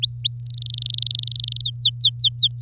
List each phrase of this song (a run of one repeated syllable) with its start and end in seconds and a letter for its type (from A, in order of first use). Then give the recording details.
0.02-0.40 A, 0.46-1.62 B, 1.64-2.62 C. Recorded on 8 May 2018 at 05:44. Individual llb16